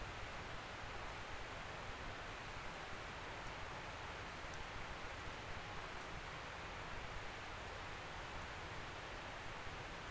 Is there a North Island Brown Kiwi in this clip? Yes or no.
no